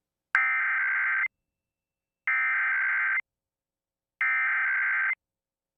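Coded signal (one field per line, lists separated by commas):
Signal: Emergency Alert System (SAME) tones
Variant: header bursts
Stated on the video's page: Heard on an AM station's livestream.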